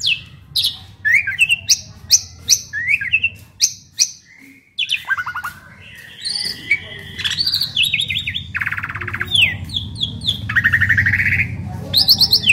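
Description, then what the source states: Asian pied starling singing sharp chips and slurred rising whistles, then a busier stretch of chatter and trills over steady low background hum. Champion-grade songbird known locally as jalak suren.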